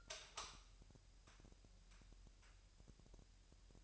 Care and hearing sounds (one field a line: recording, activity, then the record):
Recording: daily activity, microphone in the room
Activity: light on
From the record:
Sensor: 2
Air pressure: 1001.8 hPa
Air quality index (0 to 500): 240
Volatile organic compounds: 31 ppm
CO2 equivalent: 2972 ppm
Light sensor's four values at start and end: 4/10/4/4 and 8/23/9/9